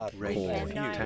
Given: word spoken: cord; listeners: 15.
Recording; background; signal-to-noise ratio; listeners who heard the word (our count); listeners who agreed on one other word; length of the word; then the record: one English word in noise, from a listening test; four-talker babble; -2.1 dB; 4 of 15; 6 of 15; 0.66 s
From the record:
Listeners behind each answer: 6, 4, 3, 1, 1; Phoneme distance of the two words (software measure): 10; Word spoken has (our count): 1 syllable, 3 phonemes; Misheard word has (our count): 1 syllable, 3 phonemes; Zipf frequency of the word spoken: 3.65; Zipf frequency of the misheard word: 3.85